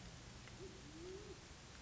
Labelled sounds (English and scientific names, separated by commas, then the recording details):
Band-tailed Pigeon (Patagioenas fasciata)
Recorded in Sonoma County, California